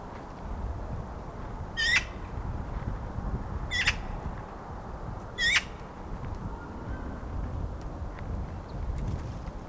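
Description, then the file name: Eurasian magpie giving three short, harsh chack notes roughly two seconds apart over a steady low rumble of background noise. "Pica pica"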